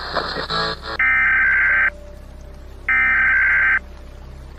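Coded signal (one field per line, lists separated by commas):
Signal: Emergency Alert System (SAME) tones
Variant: header bursts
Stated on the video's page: Fictional doomsday EAS broadcast scenario about nuclear war, told from Russia's perspective.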